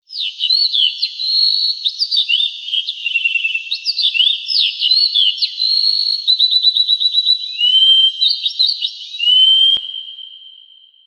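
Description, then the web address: Bird chirping continuously: a dense, high tangle of whistled notes, rapid trills and sweeping slurs, ending in a long steady whistle that fades out. "chirping birds hd sound"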